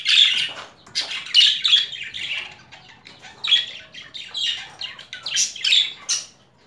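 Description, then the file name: Budgerigar squawking in scratchy, buzzy bursts, several sharp calls at the start, then uneven groups of grating chirps. Female budgerigar; mixed sounds. "Karisik Sesler Disi Muhabbet Kusu Sesi"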